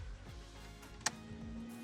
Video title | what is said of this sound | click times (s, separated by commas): How to Add Fuse for BMW Retrofits - Heated Steering Wheel DIY on E90 M3 Ep.2[ENG SUB] | Just insert the contact into the socket all the way down, until you hear a click. | 1.1 s